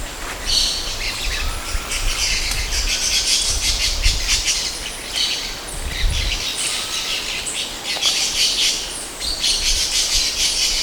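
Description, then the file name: Golden-winged parakeet calls: a dense run of shrill, high chattering and screeching notes over low rumbling background noise. Recorded at Belvedere on 14 June 2008. "2008-06-14-belvedere-brotogerischrysopterus"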